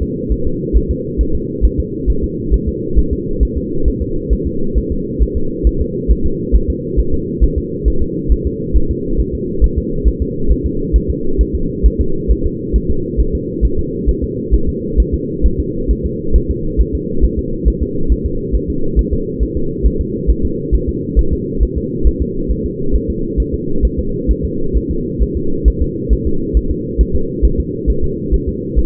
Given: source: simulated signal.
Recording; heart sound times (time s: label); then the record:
fetal heart sounds
0.02 s: S2
0.32 s: S1
0.47 s: S2
0.77 s: S1
0.91 s: S2
1.21 s: S1
1.35 s: S2
1.65 s: S1
1.80 s: S2
2.10 s: S1
2.24 s: S2
2.54 s: S1
2.69 s: S2
2.99 s: S1
3.13 s: S2
3.43 s: S1
3.58 s: S2
3.88 s: S1
4.02 s: S2
4.33 s: S1
4.47 s: S2
4.78 s: S1
4.92 s: S2
5.22 s: S1
5.37 s: S2
5.67 s: S1
5.81 s: S2
6.11 s: S1
6.26 s: S2
6.55 s: S1
6.70 s: S2
6.99 s: S1
7.14 s: S2
7.44 s: S1
7.58 s: S2
7.88 s: S1
8.02 s: S2
8.32 s: S1
8.47 s: S2
8.77 s: S1
8.91 s: S2
9.20 s: S1
9.35 s: S2
9.64 s: S1
9.78 s: S2
10.08 s: S1
10.22 s: S2
10.51 s: S1
10.66 s: S2
10.96 s: S1
11.10 s: S2
11.41 s: S1
11.55 s: S2
11.86 s: S1
12.01 s: S2
12.31 s: S1
12.46 s: S2
12.76 s: S1
12.90 s: S2
13.20 s: S1
13.35 s: S2
13.65 s: S1
13.79 s: S2
14.09 s: S1
14.24 s: S2
14.54 s: S1
14.69 s: S2
15.00 s: S1
15.14 s: S2
15.46 s: S1
15.60 s: S2
15.91 s: S1
16.06 s: S2
16.36 s: S1
16.50 s: S2
16.81 s: S1
16.95 s: S2
17.24 s: S1
17.39 s: S2
17.68 s: S1
17.83 s: S2
18.12 s: S1
18.26 s: S2
18.55 s: S1
18.70 s: S2
18.99 s: S1
19.13 s: S2
19.43 s: S1
19.57 s: S2
19.86 s: S1
20.01 s: S2
20.30 s: S1
20.45 s: S2
20.75 s: S1
20.89 s: S2
21.19 s: S1
21.33 s: S2
21.63 s: S1
21.78 s: S2
22.07 s: S1
22.22 s: S2
22.51 s: S1
22.66 s: S2
22.95 s: S1
23.10 s: S2
23.40 s: S1
23.54 s: S2
23.85 s: S1
23.99 s: S2
24.31 s: S1
24.45 s: S2
24.77 s: S1
24.91 s: S2
25.22 s: S1
25.37 s: S2
25.68 s: S1
25.82 s: S2
26.13 s: S1
26.27 s: S2
26.57 s: S1
26.71 s: S2
27.01 s: S1
27.16 s: S2
27.45 s: S1
27.60 s: S2
27.90 s: S1
28.04 s: S2
28.34 s: S1
28.49 s: S2
28.78 s: S1
From the record:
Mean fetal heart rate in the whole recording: 135 bpm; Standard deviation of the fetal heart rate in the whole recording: 3 bpm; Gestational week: 34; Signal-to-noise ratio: -8.1 dB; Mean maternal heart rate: 72 bpm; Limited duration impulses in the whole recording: absent